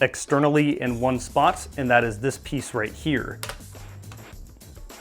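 Someone talks while handling the plastic-and-metal locking piece on an original Nerf foam-dart flintlock toy musket. Near the end, quiet taps and small handling knocks are heard around 4.0 to 4.6 seconds. The piece has not clicked or seated into place yet when the clip ends.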